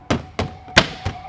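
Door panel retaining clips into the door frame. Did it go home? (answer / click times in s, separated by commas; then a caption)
yes / 0.1 s, 0.4 s, 0.8 s. Door panel retaining clips on a 2013-2021 Infiniti QX60 are pushed down into the door frame with everything lined up. Sharp clicks are heard at 0.1 s, 0.4 s and 0.8 s, plus a softer one near 1.1 s, with the 0.8 s click the loudest. The clips snap home and the door panel is seated.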